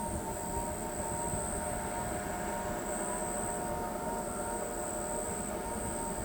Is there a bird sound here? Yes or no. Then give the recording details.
no. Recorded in pastures near Pivijay, Magdalena, Colombia, on 14 April 2023 at 20:30. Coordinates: 10.456, -74.369. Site P6-G026